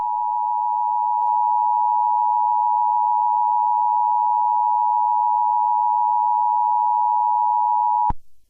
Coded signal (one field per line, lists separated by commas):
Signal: Emergency Alert System (SAME) tones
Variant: 853 and 960 Hz attention tone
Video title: Marvel's the Avengers Eas Scenario Analog Horror